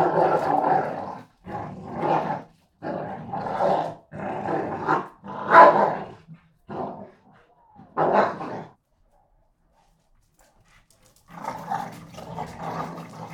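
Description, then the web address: Pit bull fight growls: harsh, rasping snarls in repeated bursts, a pause of about two and a half seconds, then renewed snarling. Two pit bulls fighting each other. "NS Studios - ultra sound collection animals dogs - Pit bull Tessa Pit bull Bahko"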